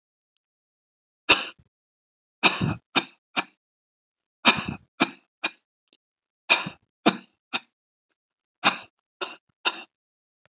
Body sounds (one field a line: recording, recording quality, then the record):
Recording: heavy voluntary cough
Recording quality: excellent, no background noise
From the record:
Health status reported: healthy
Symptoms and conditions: diabetes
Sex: male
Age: 66 years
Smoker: not ticked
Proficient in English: yes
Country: India